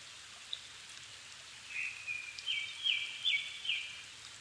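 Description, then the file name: Japanese thrush giving a whistled song phrase, a slurred note followed by a string of quick fluty notes, over a steady hissing background. Evening, 7 May 2011 at 17:59; altitude 270 m; Sony PCM-D50 recorder with Panasonic WM-61A microphone. "kurotugumi-20110507-1759"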